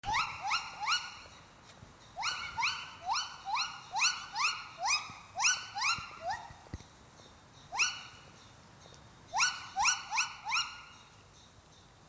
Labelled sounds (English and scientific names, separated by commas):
Silvery Javan Gibbon (Hylobates moloch)